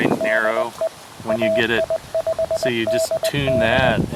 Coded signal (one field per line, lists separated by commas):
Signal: Morse code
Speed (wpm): 20 wpm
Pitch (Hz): 650 Hz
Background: speech, radio noise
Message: DE AI5DD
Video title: Windy Park Activation, Field Coffee and DX with the repaired QMX